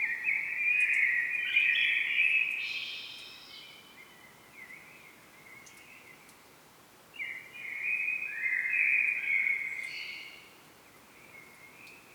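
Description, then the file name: Common blackbird song: two long warbled phrases around mid pitch with brief higher twittery flourishes, separated by a quiet gap, over a steady background hiss. "Turdus merula"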